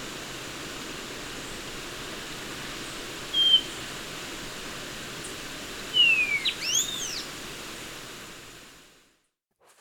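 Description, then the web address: Bronze-green euphonia calls: a thin high whistle, then a quick run of arching, sliding high notes a few seconds later, over steady background hiss. Ecuador. "Natures Songs S America Birds of Ecuador. Bronze-Green Euphonia"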